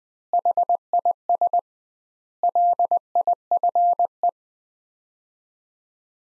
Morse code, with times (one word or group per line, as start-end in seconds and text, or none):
0.3-1.6 HIS
2.4-4.3 LIFE